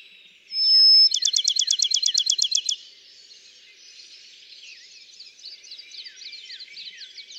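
Bachman's sparrow song: one long pure whistled note, then a rapid trill of many bright repeated notes, followed by fainter twittering.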